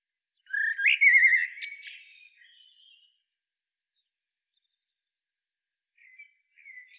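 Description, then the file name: Common blackbird song phrase of rich fluty notes ending in thin, high squeaky twitters, followed by a quiet pause and faint soft notes. "Turdus merula"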